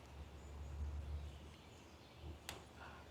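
A chain breaker tool is turned a few turns to press a steel pin out of a bicycle chain link, over a low steady rumble. A single small, sharp snap comes at 2.5 s as the pin starts to move, but the pin is not yet all the way through.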